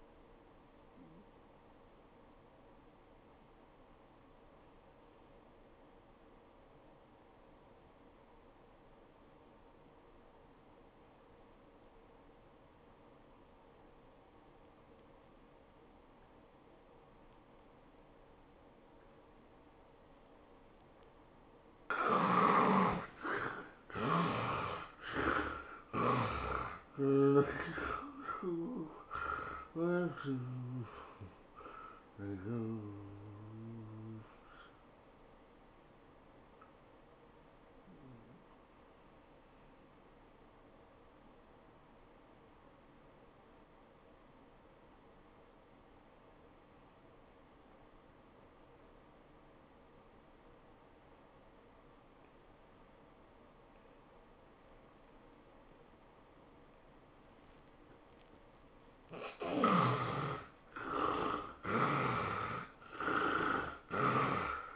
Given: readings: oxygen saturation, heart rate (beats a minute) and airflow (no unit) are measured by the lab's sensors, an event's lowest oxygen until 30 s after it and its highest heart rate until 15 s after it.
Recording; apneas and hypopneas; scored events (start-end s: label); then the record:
breathing in sleep by a voice recorder at the bedside; 2
10.00-23.00 s: obstructive apnea (N1, oxygen 91% highest, then 69% lowest, heart rate 79 at the start, 107 highest)
35.00-59.40 s: hypopnea (N1, oxygen 98% highest, then 73% lowest, heart rate 105 at the start, 105 highest)
44.00-64.76 s: new sleep stage, N2 (light sleep)
From the record:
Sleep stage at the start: N1 (lightest sleep); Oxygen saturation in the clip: 68 to 98%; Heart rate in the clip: 71 to 107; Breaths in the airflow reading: 9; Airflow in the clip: -14.0 to 13.5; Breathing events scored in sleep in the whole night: 403 in 5.5 hours asleep